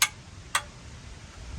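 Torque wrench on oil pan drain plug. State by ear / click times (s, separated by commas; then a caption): torque reached / 0.0 s. A 3/8 analog torque wrench set to 20 ft-lb tightens the oil pan drain plug on a Jeep Wrangler JK, and its sharp break-over click sounds at 0.0 s, confirming the plug has reached torque. A second, slightly quieter click follows at 0.6 s over a low background rumble.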